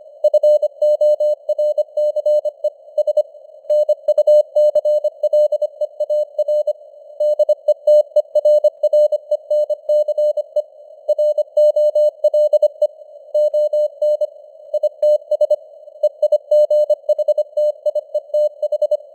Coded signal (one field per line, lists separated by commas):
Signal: Morse code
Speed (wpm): 25 wpm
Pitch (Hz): 600 Hz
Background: none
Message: FORCE S NUCLEAR DETERRENCE ROLE ON ITS EIGHTIETH